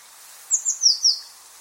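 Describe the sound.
Eurasian blue tit call: four thin, very high notes given in a quick run of under a second, each slightly lower than the last, over a faint steady hiss.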